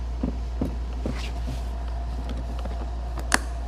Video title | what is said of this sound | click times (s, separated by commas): Rotary Hammer - A Girl's Guide to Power Tools | When you hear the click, you know it's secure. | 3.3 s